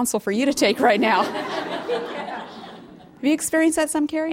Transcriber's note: laughter